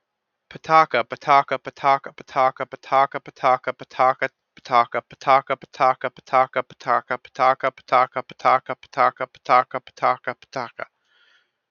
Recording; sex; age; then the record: repeated syllables /pa ta ka/; male; 20 to 29 years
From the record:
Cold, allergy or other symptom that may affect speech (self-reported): no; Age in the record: 28 years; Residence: New York, United States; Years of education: 16